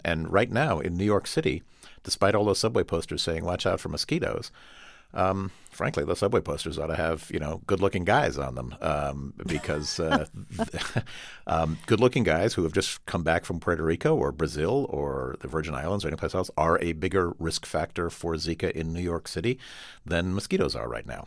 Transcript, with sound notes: And right now in New York City, despite all those subway posters saying watch out for mosquitoes, frankly, those subway posters ought to have, you know, good-looking guys on them because...
(LAUGHTER)
Good-looking guys who have just come back from Puerto Rico or Brazil or the Virgin Islands or anyplace else are a bigger risk factor for Zika in New York City than mosquitoes are right now.